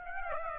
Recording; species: mosquito wingbeat signal from an infrared sensor; Aedes aegypti